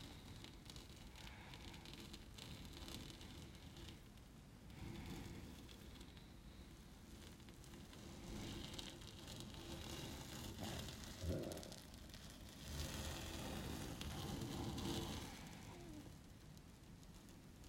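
Hair sliding over a dusty window pane makes a continuous soft rustle and scratch, swelling louder around eleven and thirteen to fifteen seconds.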